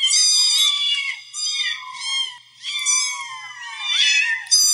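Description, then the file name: Cat calls: drawn-out, wailing meows, several in sequence, with brief dips between them. "gatos"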